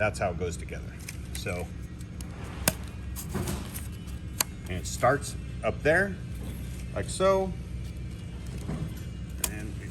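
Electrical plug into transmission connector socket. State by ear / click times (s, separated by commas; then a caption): seated / 9.4 s. Someone talks while an electrical plug is started into the connector socket of an 8-speed transmission and its ring is rotated down, with several sharp ticks and rattles from handling along the way. The ring clicks home at 9.4 s, and the plug is seated.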